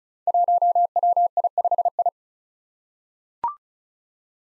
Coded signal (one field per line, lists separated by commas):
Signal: Morse code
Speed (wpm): 36 wpm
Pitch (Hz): 700 Hz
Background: none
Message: 1WI5I